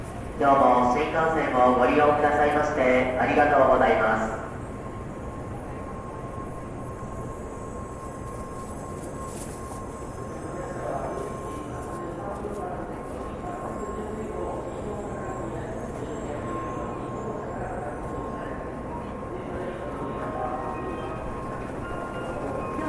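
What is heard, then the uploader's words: A train station opens with a loud announcement voice for the first four seconds, then drops to a steady low rumble with faint murmuring voices. A thin, constant whine holds at one pitch throughout, like a vending machine, under occasional soft clicks. TRAIN STATION IN JAPAN AMBIENCE. Sounds of trains coming and going, people talking, vending machines, and announcements.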